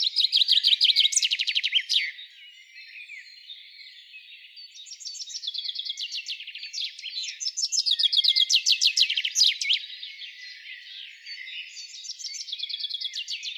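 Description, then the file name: Common chaffinch song: several bright phrases of quick repeated notes, some ending in a sharp flourish, separated by short pauses. "Fringilla coelebs"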